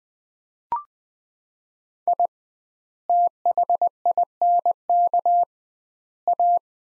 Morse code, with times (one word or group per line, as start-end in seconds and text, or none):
2.1-2.3 I
3.1-5.4 THINK
6.3-6.6 A